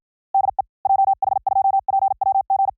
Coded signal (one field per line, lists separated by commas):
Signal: Morse code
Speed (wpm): 55 wpm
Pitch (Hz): 780 Hz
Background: none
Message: DE JH2PWG